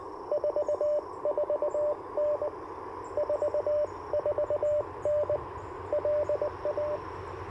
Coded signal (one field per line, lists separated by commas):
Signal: Morse code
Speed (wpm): 21 wpm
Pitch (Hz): 600 Hz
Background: radio noise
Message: 44N 44N LA